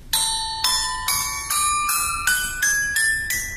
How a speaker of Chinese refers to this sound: 这件乐器是九音锣，九音锣呢是隋唐时候出现的，宋元时候非常流行。哎，它是由这个十面小铜锣来组成。